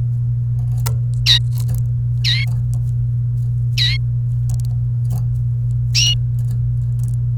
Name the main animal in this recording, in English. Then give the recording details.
Domestic Canary. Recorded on 28 April 2018 at 12:23. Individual llb3